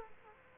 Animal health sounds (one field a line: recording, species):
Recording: mosquito wingbeat signal from an infrared sensor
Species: Aedes aegypti